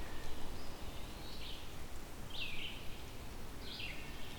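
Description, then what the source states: Vireo song: three short, slurred high phrases separated by pauses, over steady low background rumble. Heard in a large tract of Carolinian forest.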